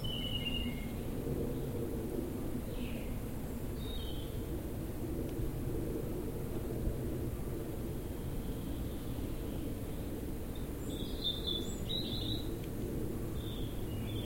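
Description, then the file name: Common chaffinch calls: short, high chirps scattered through the recording, with a denser cluster toward the end, over a steady low rumble of background noise. "Fringilla coelebs"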